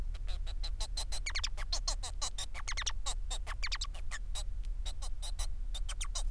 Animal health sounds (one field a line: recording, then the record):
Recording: song of a male Bengalese finch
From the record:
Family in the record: son of father 4